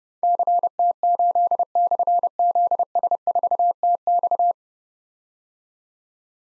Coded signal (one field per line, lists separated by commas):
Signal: Morse code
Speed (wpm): 30 wpm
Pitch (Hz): 700 Hz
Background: none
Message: CT8/ZS4TX